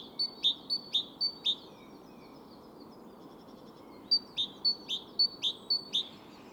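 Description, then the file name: Great tit calls: two bright bursts of sharp, high ringing notes, about six quick notes in the first and about eight in the second, separated by a pause of a few seconds. "Parus major"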